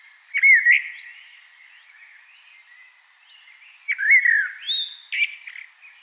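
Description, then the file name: Common blackbird singing two mellow, fluted phrases a few seconds apart, the second running into thin, high squeaky notes. "Turdus merula"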